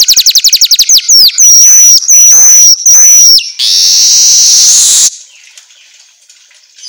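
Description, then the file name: Asian golden weaver song opens with a quick high trill, then loud whistled notes and a loud steady hiss that stops abruptly, leaving faint chatter. Track meant for training songbirds to sing eagerly (auto gacor). "Suara Kicau Manyar Kepala Emas Auto Gacor"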